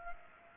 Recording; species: mosquito wingbeat signal from an infrared sensor; Culex pipiens